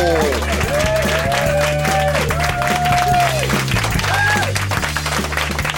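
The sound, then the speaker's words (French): An audience applauds steadily for several seconds to welcome the first guest of a show, actress Micheline Langteau; a dense, constant patter of many hands clapping, with music and a few voices rising and falling through it. “Parce que les gens n'ont pas applaudi beaucoup, hein?”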